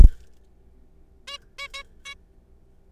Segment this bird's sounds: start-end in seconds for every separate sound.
1.28-1.38, 1.58-1.68, 1.74-1.83, 2.05-2.14